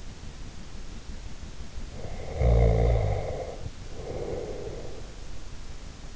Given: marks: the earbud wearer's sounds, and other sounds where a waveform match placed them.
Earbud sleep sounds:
sounds in sleep by an in-ear microphone; snoring breath
1.95-5.20 s: snoring breath

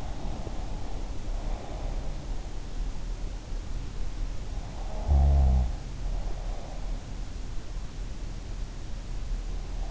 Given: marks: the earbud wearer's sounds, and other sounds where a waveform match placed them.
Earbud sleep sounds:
sounds in sleep by an in-ear microphone; breath, snoring breath
0.00-2.22 s: breath
4.75-6.94 s: snoring breath

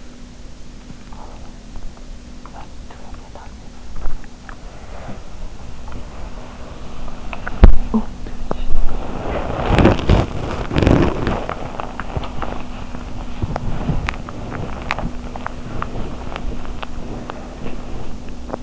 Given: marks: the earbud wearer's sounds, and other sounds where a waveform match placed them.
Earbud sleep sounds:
sounds in sleep by an in-ear microphone; body movement, swallowing
1.05-3.63 s: sound from someone else or the room
3.93-18.63 s: body movement
7.21-7.61 s: swallowing
7.79-8.40 s: sound from someone else or the room

